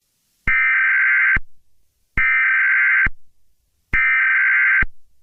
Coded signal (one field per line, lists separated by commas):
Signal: Emergency Alert System (SAME) tones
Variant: header bursts